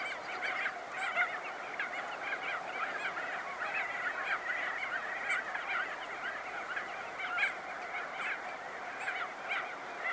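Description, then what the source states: Crested auklet calls, nasal honking notes rising from a steady colony chorus, with a few louder calls standing out. Close-up recording.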